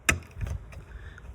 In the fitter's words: you hear it click.